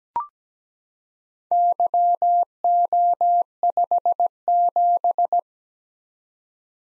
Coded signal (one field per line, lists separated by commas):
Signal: Morse code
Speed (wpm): 17 wpm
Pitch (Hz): 700 Hz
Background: none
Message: YO57